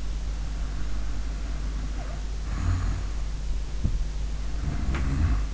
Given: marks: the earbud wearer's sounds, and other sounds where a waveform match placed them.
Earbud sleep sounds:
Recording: sounds in sleep by an in-ear microphone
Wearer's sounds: snoring breath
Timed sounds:
0.17-3.07 s: snoring breath
3.74-5.47 s: snoring breath

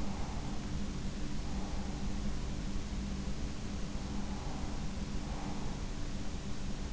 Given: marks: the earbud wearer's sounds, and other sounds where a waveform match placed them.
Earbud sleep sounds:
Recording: sounds in sleep by an in-ear microphone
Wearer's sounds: breath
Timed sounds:
0.00-2.17 s: breath
4.11-5.94 s: breath

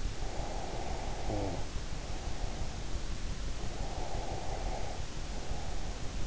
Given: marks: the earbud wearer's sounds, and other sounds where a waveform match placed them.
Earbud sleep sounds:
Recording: sounds in sleep by an in-ear microphone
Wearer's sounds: snoring breath, breath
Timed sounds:
0.30-2.44 s: snoring breath
3.86-6.09 s: breath

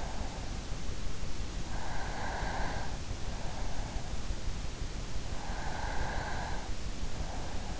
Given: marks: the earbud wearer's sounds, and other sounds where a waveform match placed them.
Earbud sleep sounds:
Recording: sounds in sleep by an in-ear microphone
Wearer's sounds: breath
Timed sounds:
1.77-3.20 s: breath
5.54-6.68 s: breath

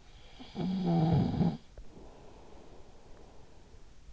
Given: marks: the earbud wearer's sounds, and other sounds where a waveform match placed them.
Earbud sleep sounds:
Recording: sounds in sleep by an in-ear microphone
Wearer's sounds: snoring breath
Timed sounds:
0.22-4.13 s: snoring breath

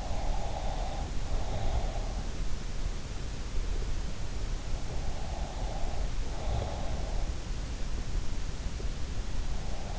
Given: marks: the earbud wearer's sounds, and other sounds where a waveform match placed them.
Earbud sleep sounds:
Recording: sounds in sleep by an in-ear microphone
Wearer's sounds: breath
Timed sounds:
0.00-2.19 s: breath

